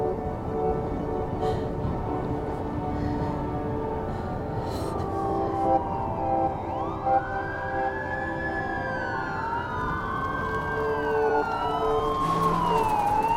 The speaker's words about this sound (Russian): Лидия слышит сирену.